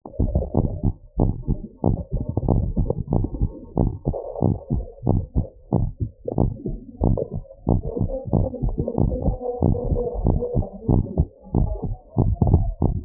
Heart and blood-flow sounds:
heart sounds
0.00	0.02	S2
0.02	0.28	diastole
0.28	0.46	S1
0.46	0.76	systole
0.76	0.92	S2
0.92	1.18	diastole
1.18	1.30	S1
1.30	1.50	systole
1.50	1.60	S2
1.60	1.86	diastole
1.86	1.98	S1
1.98	2.16	systole
2.16	2.26	S2
2.26	2.48	diastole
2.48	2.62	S1
2.62	2.78	systole
2.78	2.90	S2
2.90	3.12	diastole
3.12	3.24	S1
3.24	3.42	systole
3.42	3.52	S2
3.52	3.78	diastole
3.78	3.90	S1
3.90	4.08	systole
4.08	4.18	S2
4.18	4.44	diastole
4.44	4.56	S1
4.56	4.72	systole
4.72	4.84	S2
4.84	5.08	diastole
5.08	5.22	S1
5.22	5.44	systole
5.44	5.52	S2
5.52	5.74	diastole
5.74	5.88	S1
5.88	6.08	systole
6.08	6.16	S2
6.16	6.40	diastole
6.40	6.52	S1
6.52	6.72	systole
6.72	6.80	S2
6.80	7.04	diastole
7.04	7.16	S1
7.16	7.36	systole
7.36	7.46	S2
7.46	7.70	diastole
7.70	7.82	S1
7.82	8.02	systole
8.02	8.12	S2
8.12	8.34	diastole
8.34	8.46	S1
8.46	8.64	systole
8.64	8.76	S2
8.76	9.00	diastole
9.00	9.10	S1
9.10	9.26	systole
9.26	9.36	S2
9.36	9.62	diastole
9.62	9.76	S1
9.76	9.90	systole
9.90	10.00	S2
10.00	10.22	diastole
10.22	10.38	S1
10.38	10.56	systole
10.56	10.66	S2
10.66	10.90	diastole
10.90	11.04	S1
11.04	11.20	systole
11.20	11.30	S2
11.30	11.56	diastole
11.56	11.70	S1
11.70	11.88	systole
11.88	11.96	S2
11.96	12.18	diastole
12.18	12.32	S1
12.32	12.50	systole
12.50	12.64	S2
12.64	12.82	diastole
12.82	12.92	S1
12.92	13.05	systole
From the record:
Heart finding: normal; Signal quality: good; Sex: female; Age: 70 years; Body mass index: 26.2

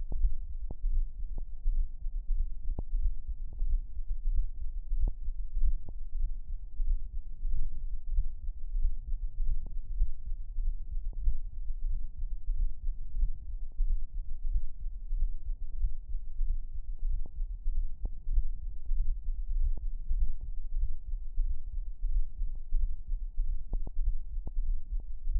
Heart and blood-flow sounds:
heart sounds
0.00	0.18	diastole
0.18	0.32	S1
0.32	0.56	systole
0.56	0.68	S2
0.68	0.90	diastole
0.90	1.06	S1
1.06	1.30	systole
1.30	1.42	S2
1.42	1.66	diastole
1.66	1.82	S1
1.82	2.02	systole
2.02	2.10	S2
2.10	2.30	diastole
2.30	2.46	S1
2.46	2.68	systole
2.68	2.76	S2
2.76	2.94	diastole
2.94	3.12	S1
3.12	3.28	systole
3.28	3.38	S2
3.38	3.62	diastole
3.62	3.78	S1
3.78	3.96	systole
3.96	4.04	S2
4.04	4.28	diastole
4.28	4.46	S1
4.46	4.62	systole
4.62	4.70	S2
4.70	4.92	diastole
4.92	5.10	S1
5.10	5.28	systole
5.28	5.36	S2
5.36	5.58	diastole
5.58	5.74	S1
5.74	5.92	systole
5.92	6.00	S2
6.00	6.20	diastole
6.20	6.32	S1
6.32	6.50	systole
6.50	6.58	S2
6.58	6.80	diastole
6.80	6.98	S1
6.98	7.16	systole
7.16	7.22	S2
7.22	7.44	diastole
7.44	7.58	S1
7.58	7.80	systole
7.80	7.90	S2
7.90	8.12	diastole
8.12	8.26	S1
8.26	8.46	systole
8.46	8.54	S2
8.54	8.76	diastole
8.76	8.92	S1
8.92	9.10	systole
9.10	9.18	S2
9.18	9.40	diastole
9.40	9.58	S1
9.58	9.74	systole
9.74	9.80	S2
9.80	9.98	diastole
9.98	10.10	S1
10.10	10.32	systole
10.32	10.40	S2
10.40	10.60	diastole
10.60	10.74	S1
10.74	10.92	systole
10.92	11.02	S2
11.02	11.22	diastole
11.22	11.36	S1
11.36	11.58	systole
11.58	11.64	S2
11.64	11.84	diastole
11.84	11.98	S1
11.98	12.20	systole
12.20	12.30	S2
12.30	12.54	diastole
12.54	12.70	S1
12.70	12.88	systole
12.88	12.96	S2
12.96	13.18	diastole
13.18	13.32	S1
13.32	13.50	systole
13.50	13.58	S2
13.58	13.80	diastole
13.80	13.96	S1
13.96	14.14	systole
14.14	14.24	S2
14.24	14.46	diastole
14.46	14.60	S1
14.60	14.80	systole
14.80	14.90	S2
14.90	15.12	diastole
15.12	15.28	S1
15.28	15.46	systole
15.46	15.56	S2
15.56	15.80	diastole
15.80	15.92	S1
15.92	16.12	systole
16.12	16.20	S2
16.20	16.40	diastole
16.40	16.56	S1
16.56	16.74	systole
16.74	16.82	S2
16.82	17.04	diastole
17.04	17.18	S1
17.18	17.36	systole
17.36	17.46	S2
17.46	17.68	diastole
17.68	17.84	S1
17.84	18.04	systole
18.04	18.12	S2
18.12	18.32	diastole
18.32	18.46	S1
18.46	18.64	systole
18.64	18.72	S2
18.72	18.90	diastole
18.90	19.08	S1
19.08	19.28	systole
19.28	19.36	S2
19.36	19.54	diastole
19.54	19.72	S1
19.72	19.90	systole
19.90	19.98	S2
19.98	20.16	diastole
20.16	20.30	S1
20.30	20.50	systole
20.50	20.56	S2
20.56	20.76	diastole
20.76	20.90	S1
20.90	21.08	systole
21.08	21.18	S2
21.18	21.38	diastole
21.38	21.54	S1
21.54	21.74	systole
21.74	21.86	S2
21.86	22.10	diastole
22.10	22.24	S1
22.24	22.42	systole
22.42	22.52	S2
22.52	22.74	diastole
22.74	22.90	S1
22.90	23.10	systole
23.10	23.18	S2
23.18	23.38	diastole
23.38	23.50	S1
23.50	23.72	systole
23.72	23.82	S2
23.82	24.04	diastole
24.04	24.16	S1
24.16	24.34	systole
24.34	24.44	S2
24.44	24.66	diastole
24.66	24.78	S1
24.78	24.94	systole
24.94	25.04	S2
25.04	25.28	diastole
25.28	25.40	S1
From the record:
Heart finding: mitral regurgitation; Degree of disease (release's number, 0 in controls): 3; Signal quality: good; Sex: female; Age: 63 years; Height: 1.55 m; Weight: 75 kg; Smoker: no

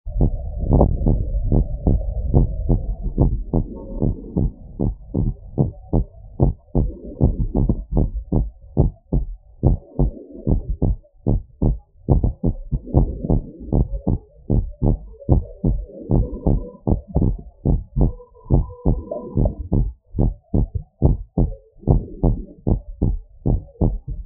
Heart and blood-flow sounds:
heart sounds
0.00	0.20	systole
0.20	0.34	S2
0.34	0.72	diastole
0.72	0.90	S1
0.90	1.08	systole
1.08	1.22	S2
1.22	1.50	diastole
1.50	1.66	S1
1.66	1.86	systole
1.86	2.02	S2
2.02	2.32	diastole
2.32	2.48	S1
2.48	2.68	systole
2.68	2.82	S2
2.82	3.18	diastole
3.18	3.32	S1
3.32	3.54	systole
3.54	3.66	S2
3.66	4.02	diastole
4.02	4.14	S1
4.14	4.38	systole
4.38	4.50	S2
4.50	4.82	diastole
4.82	4.94	S1
4.94	5.18	systole
5.18	5.30	S2
5.30	5.60	diastole
5.60	5.72	S1
5.72	5.94	systole
5.94	6.04	S2
6.04	6.42	diastole
6.42	6.54	S1
6.54	6.76	systole
6.76	6.90	S2
6.90	7.22	diastole
7.22	7.34	S1
7.34	7.56	systole
7.56	7.68	S2
7.68	7.96	diastole
7.96	8.10	S1
8.10	8.34	systole
8.34	8.48	S2
8.48	8.78	diastole
8.78	8.90	S1
8.90	9.14	systole
9.14	9.26	S2
9.26	9.64	diastole
9.64	9.76	S1
9.76	10.00	systole
10.00	10.12	S2
10.12	10.48	diastole
10.48	10.62	S1
10.62	10.84	systole
10.84	10.96	S2
10.96	11.28	diastole
11.28	11.40	S1
11.40	11.64	systole
11.64	11.78	S2
11.78	12.10	diastole
12.10	12.22	S1
12.22	12.44	systole
12.44	12.56	S2
12.56	12.96	diastole
12.96	13.10	S1
13.10	13.32	systole
13.32	13.42	S2
13.42	13.74	diastole
13.74	13.88	S1
13.88	14.08	systole
14.08	14.18	S2
14.18	14.56	diastole
14.56	14.66	S1
14.66	14.88	systole
14.88	14.98	S2
14.98	15.30	diastole
15.30	15.44	S1
15.44	15.70	systole
15.70	15.80	S2
15.80	16.12	diastole
16.12	16.28	S1
16.28	16.52	systole
16.52	16.60	S2
16.60	16.88	diastole
16.88	17.00	S1
17.00	17.26	systole
17.26	17.36	S2
17.36	17.66	diastole
17.66	17.80	S1
17.80	18.00	systole
18.00	18.12	S2
18.12	18.52	diastole
18.52	18.66	S1
18.66	18.94	systole
18.94	19.04	S2
19.04	19.38	diastole
19.38	19.52	S1
19.52	19.78	systole
19.78	19.90	S2
19.90	20.20	diastole
20.20	20.34	S1
20.34	20.60	systole
20.60	20.70	S2
20.70	21.04	diastole
21.04	21.16	S1
21.16	21.38	systole
21.38	21.50	S2
21.50	21.88	diastole
21.88	22.02	S1
22.02	22.24	systole
22.24	22.36	S2
22.36	22.68	diastole
22.68	22.78	S1
22.78	23.02	systole
23.02	23.16	S2
23.16	23.48	diastole
23.48	23.60	S1
23.60	23.82	systole
23.82	23.96	S2
23.96	24.26	diastole
From the record:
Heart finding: normal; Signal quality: good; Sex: female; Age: 50 years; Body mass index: 29.6

